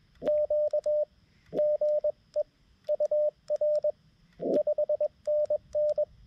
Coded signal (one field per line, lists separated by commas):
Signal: Morse code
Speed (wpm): 22 wpm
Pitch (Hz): 600 Hz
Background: radio noise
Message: Q GE UR 5NN